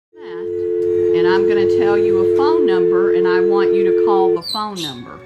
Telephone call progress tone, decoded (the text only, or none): dial tone